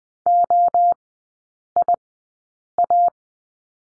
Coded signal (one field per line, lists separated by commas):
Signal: Morse code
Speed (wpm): 20 wpm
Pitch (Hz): 700 Hz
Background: none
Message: OIA